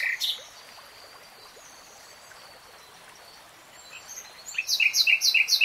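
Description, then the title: Nightingale song: one brief chirp, a long quiet pause, then a loud run of rhythmic repeated notes. Real-time recording, not slowed. "[Tiếng chim hót] 3 Hours REALTIME Nightingale Singing"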